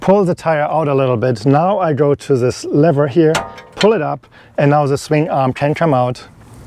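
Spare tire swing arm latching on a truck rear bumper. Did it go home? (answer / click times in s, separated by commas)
no / none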